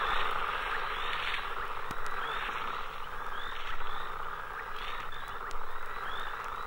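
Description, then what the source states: Frog chorus, thick and unbroken, with a droning mass of calls and brief bright chirps scattered over the top. Two or three frog species in rainy-season pools on a plain at dusk, making a tremendous noise after dark.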